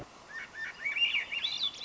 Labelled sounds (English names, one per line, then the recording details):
Swainson's Thrush
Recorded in Sonoma County, California